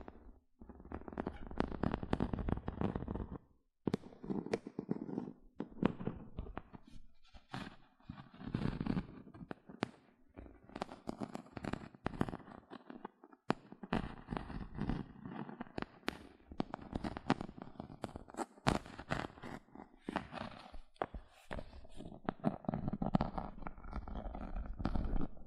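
Gentle scratching comes in crackly bursts of quick, sharp little strokes, dense and irregular, with low rubbing underneath. Short pauses break the rhythm near 4, 8 and 10 seconds, and the scratching then runs on almost continuously to the end.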